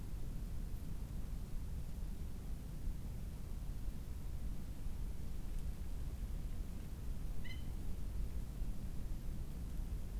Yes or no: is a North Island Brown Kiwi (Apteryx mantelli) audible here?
no